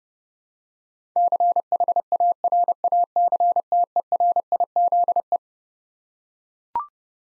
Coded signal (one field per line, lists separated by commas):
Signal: Morse code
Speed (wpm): 30 wpm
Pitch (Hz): 700 Hz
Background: none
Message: CHARACTERIZE